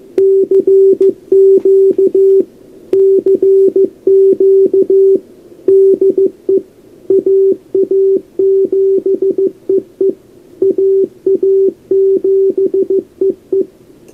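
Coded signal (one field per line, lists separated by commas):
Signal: Morse code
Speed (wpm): 14 wpm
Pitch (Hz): 380 Hz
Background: none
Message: CQ CQ DE AA7EE AA7EE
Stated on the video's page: Morse from a scratch-built SST transceiver for 20 metres, a version of the 1997 design.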